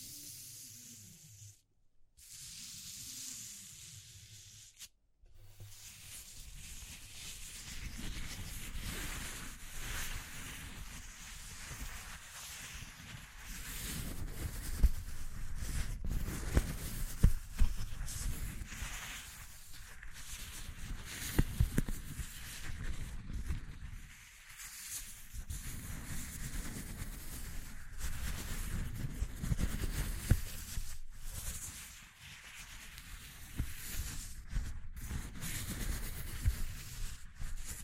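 A dense, rough noise texture rumbles heavily in the low end with a hiss spread across the top. The first five seconds are quieter, with swooping low tones and two abrupt cutouts; from about fifteen seconds it swells louder, dipping briefly near 24 and 31.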